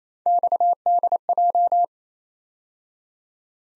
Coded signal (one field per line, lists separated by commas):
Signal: Morse code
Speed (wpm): 32 wpm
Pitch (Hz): 700 Hz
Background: none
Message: XDJ